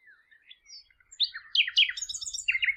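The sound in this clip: Bird song: quiet thin whistles, then a rapid jumble of sharp chirps and twittering notes rising and falling in pitch.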